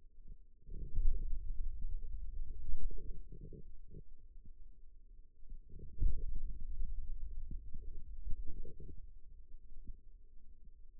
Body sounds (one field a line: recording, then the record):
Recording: forearm muscle sounds (acoustic myography)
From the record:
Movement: pen grasping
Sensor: system 2, bracelet of six BSWA MPA416 microphones around the upper forearm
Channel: 3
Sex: male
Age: 22 years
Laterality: right